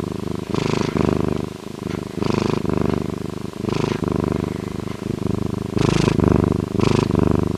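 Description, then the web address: Bobcat purr: deep, rhythmic rumbling in repeated breath-length phrases, with a few brief airy bursts. "Bobcat Purring"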